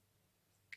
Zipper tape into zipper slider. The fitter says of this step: hasta escuchar el click